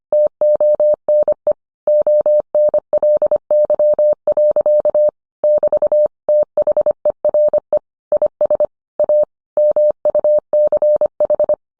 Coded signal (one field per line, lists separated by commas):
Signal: Morse code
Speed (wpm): 25 wpm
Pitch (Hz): 600 Hz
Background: none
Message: TONE ONLY. <BT> THERE IS A MUCH